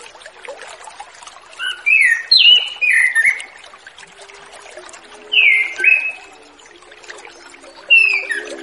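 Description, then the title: Orange-headed thrush song in three bursts of slurred whistled notes with pauses between, against a background hiss. Relaxed 'ngeplong' singing style used as a lure for a spotted young orange-headed thrush (anis kembang trotol) that has escaped. "Anis Kembang Ngeplong Santai , Untuk Pancingan Anis Kembang Lepas Trotol"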